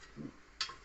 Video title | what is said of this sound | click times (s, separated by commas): Наш вибір м'ясорубки для домашніх смаколиків!!! | вставила і зафіксувала зафіксувала до щелчка надо а | 0.6 s